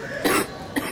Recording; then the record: coughing mixed with background sound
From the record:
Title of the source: 30 Chesty and wet cough